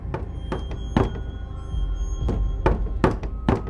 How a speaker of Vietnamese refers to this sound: Bóng ma lại đi vòng ra ngoài rồi gõ cửa. Tiếng gõ cửa vang lên trong đêm. Đúng là bóng ma gõ.